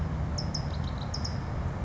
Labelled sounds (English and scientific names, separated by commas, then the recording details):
California Towhee (Melozone crissalis)
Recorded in Sonoma County, California